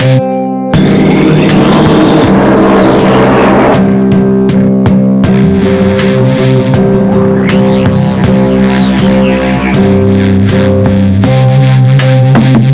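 Environmental noise dominated by a loud, constant vehicle-like engine drone with a low hum underneath. Whining tones rise and fall throughout, and sharp clicks or knocks cut in repeatedly, roughly every half second to second, for the whole stretch.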